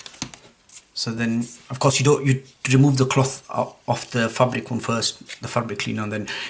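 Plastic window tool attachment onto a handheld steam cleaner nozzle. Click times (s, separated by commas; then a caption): 0.2 s. A plastic window-cleaning tool is pushed onto the nozzle of a Comforday handheld steam cleaner and clicks into place, with a sharp click at 0.2 s among a few brief knocks near the start. After that, someone talks for the rest of the clip.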